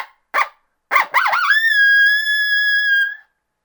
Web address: Coyote. Greeting